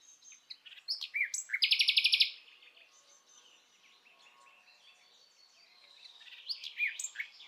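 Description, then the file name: Common nightingale song: short chirps lead into a loud rapid rattling trill, followed by a quieter stretch and a few sharp notes near the end. "Luscinia megarhynchos"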